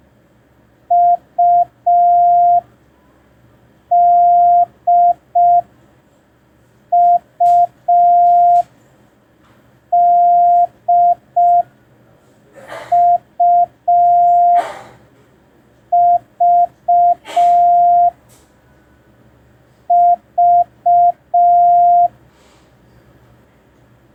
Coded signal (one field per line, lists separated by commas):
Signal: Morse code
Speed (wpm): 5 wpm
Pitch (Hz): 700 Hz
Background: none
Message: UDUDUV V